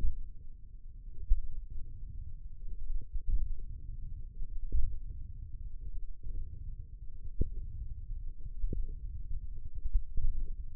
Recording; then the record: forearm muscle sounds (acoustic myography)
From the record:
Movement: hand opening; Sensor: system 1, eight BSWA MPA416 microphones around the upper forearm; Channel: 3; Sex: female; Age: 21 years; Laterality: right